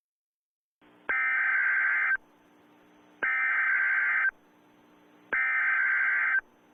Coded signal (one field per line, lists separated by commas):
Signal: Emergency Alert System (SAME) tones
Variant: header bursts